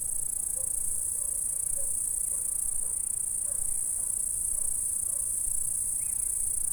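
Insect stridulation hisses steadily and high throughout, with faint soft notes in the background and one brief higher note near the end.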